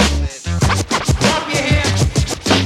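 DJ record scratching on a turntable, rapid back-and-forth cuts in a choppy rhythm over a loud, bass-heavy beat, with sliding pitch sweeps and no talking.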